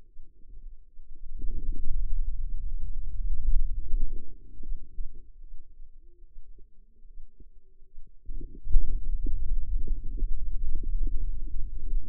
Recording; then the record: forearm muscle sounds (acoustic myography)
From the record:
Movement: pen grasping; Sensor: system 2, bracelet of six BSWA MPA416 microphones around the upper forearm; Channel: 6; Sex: female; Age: 25 years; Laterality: right